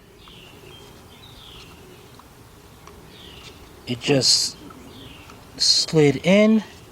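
A fuel pump bracket for an Infiniti G20 / Nissan Altima fuel pump assembly, a part with two slots on each side, is handled and slid into place so its plastic tab can hook into its slot. Over a quiet background with faint high chirping, someone talks twice in short bursts around 3.9–4.5 s and 5.6–6.7 s. The clip ends before the part goes home, and nothing has seated or clicked yet.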